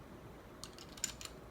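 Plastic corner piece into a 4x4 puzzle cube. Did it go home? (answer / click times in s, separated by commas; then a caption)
no / none. A plastic corner piece is handled and pushed over two edge pieces while a 4x4 puzzle cube is being reassembled. Several short, light plastic ticks and taps sound, with the sharpest at about 1.0 s, against a faint steady background. Nothing has seated or clicked into place yet.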